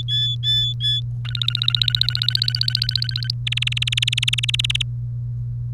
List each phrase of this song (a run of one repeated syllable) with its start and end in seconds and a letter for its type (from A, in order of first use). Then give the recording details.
0.00-1.00 A, 1.25-3.31 B, 3.47-4.82 C. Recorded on 30 April 2018 at 16:15. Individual llb3